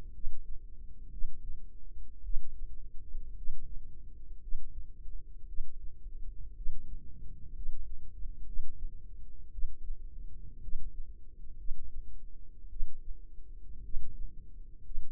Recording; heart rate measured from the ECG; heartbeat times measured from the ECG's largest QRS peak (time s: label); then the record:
heart sounds by microphone in the left ear; 57 bpm
0.11 s: heartbeat
1.09 s: heartbeat
2.21 s: heartbeat
3.34 s: heartbeat
4.39 s: heartbeat
5.45 s: heartbeat
6.53 s: heartbeat
7.52 s: heartbeat
8.44 s: heartbeat
9.50 s: heartbeat
10.60 s: heartbeat
11.56 s: heartbeat
12.68 s: heartbeat
13.81 s: heartbeat
14.82 s: heartbeat
From the record:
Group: healthy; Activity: rest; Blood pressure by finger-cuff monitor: 93/58 mmHg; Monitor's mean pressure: 68 mmHg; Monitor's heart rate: 55 bpm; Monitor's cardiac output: 4.4 L/min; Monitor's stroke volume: 80 mL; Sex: female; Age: 36 years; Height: 163 cm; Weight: 88 kg